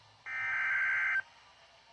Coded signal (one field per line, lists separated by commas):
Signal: Emergency Alert System (SAME) tones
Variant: header bursts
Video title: More Snow Squalls! EAS Alerts from 2/17/24 (EAS 1133-1145)